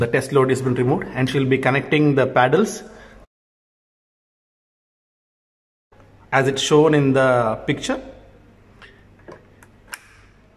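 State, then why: Seated. External defibrillator paddles are connected to the defibrillator's paddle connector after the test load is removed. Someone talks, then after a silent gap a few faint handling sounds lead to a sharp click at 9.9 s as the paddles seat in place, followed by a tug test to confirm they are tight.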